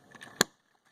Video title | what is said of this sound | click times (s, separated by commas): Moon mission thomas how compatible is the helmet? | heard the snap that was not the tracks around me or behind that was the helmet fitting on here | 0.4 s